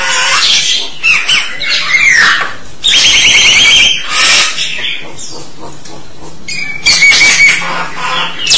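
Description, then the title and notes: Starling song: harsh scratchy chatter broken by a fast rattling trill near three seconds and a level, drawn-out whistle late. "suara burung jalak"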